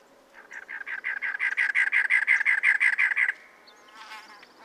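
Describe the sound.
Cactus wren rasping song, a quick run of many grating notes lasting nearly three seconds, followed by a brief faint chatter.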